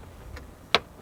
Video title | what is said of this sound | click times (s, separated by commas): Here's How I Get My Cars to Last Over 400,000 Miles | and that snaps in place nice | 0.7 s